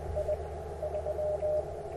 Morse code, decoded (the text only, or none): I 3